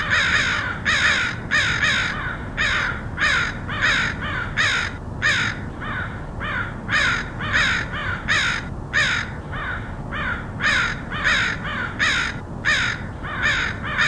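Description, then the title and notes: Crows giving a busy chorus of rasping caws, loud and soft calls mixing from several birds, constant low rumble underneath. Crows recorded in Portland, Oregon, USA, in August 2003. "Crows of Portland. Crows recorded by Dan Bodah in Portland, OR, August 2003"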